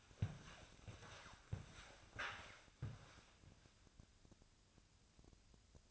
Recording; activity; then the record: daily activity, microphone in the room; walk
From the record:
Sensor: 2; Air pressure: 1000.4 hPa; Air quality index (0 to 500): 166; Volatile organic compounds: 3 ppm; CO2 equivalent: 1380 ppm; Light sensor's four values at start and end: 14/38/15/17 and 13/36/14/16